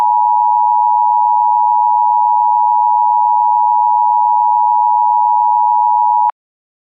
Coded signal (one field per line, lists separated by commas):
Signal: Emergency Alert System (SAME) tones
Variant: 853 and 960 Hz attention tone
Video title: (EAS MOCK) idk man